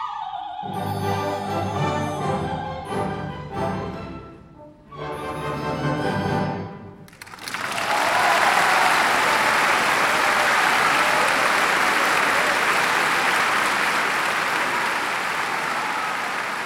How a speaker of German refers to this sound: So etwas hat man noch nie gehört, noch nie gesehen. Der ganze Saal jubelte in unsagbarer Ergriffenheit.